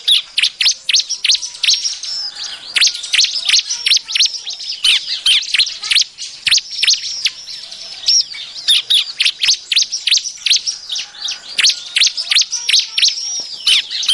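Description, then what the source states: Bar-winged prinia calls: continuous excited chattering of sharp, high chirps and ticks, packed closely together with little pause throughout. Call used as a lure for trapping birds.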